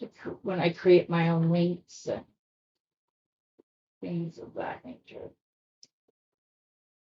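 Someone talks while making her own links for a beaded piece, then pauses as she closes a metal jewelry link or connector onto a beaded chain. The link snaps shut with a single short, sharp click at 5.8 s, and it is seated closed.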